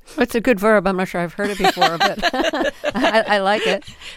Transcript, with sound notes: It's a good verb. I'm not sure I've heard it before.
(LAUGHTER)
But I like it.